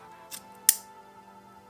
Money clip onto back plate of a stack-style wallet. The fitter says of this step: slide on until you hear that satisfying click